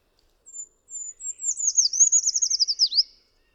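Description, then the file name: Eurasian treecreeper song: a few thin, very high notes, then a rapid descending trill of sibilant notes ending in a short upward flourish, about three seconds long. "Pelzacz lesny"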